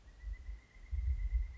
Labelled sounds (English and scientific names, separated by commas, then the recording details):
Pileated Woodpecker (Dryocopus pileatus)
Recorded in Sonoma County, California